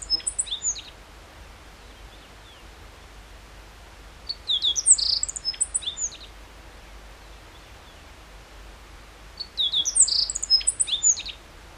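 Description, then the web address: Meadow bunting giving three high, jingling song phrases about five seconds apart, each a rapid jumble of chips and thin slurs. Recorded 14 June 2012. "June 14 2012 E cioides KBGD"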